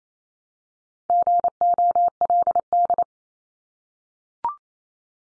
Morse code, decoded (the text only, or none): GOLD